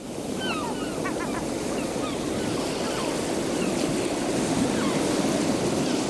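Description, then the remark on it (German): Steady, unbroken rush of sea waves and surf off Stockholm, Sweden, among its inhabited skerry islands, holding an even loudness throughout, with a few faint high chirping calls flickering above the wash. “Das Meer vor Stockholm mit seinen 150 bewohnten Schäreninseln bildet die Quelle der frühen Gedichte.”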